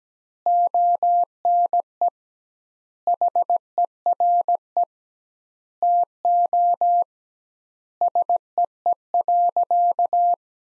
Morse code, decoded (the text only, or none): ONE HERE TO SEE.